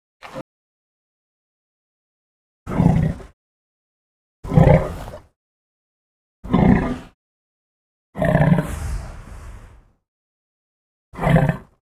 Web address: elephant african drink wet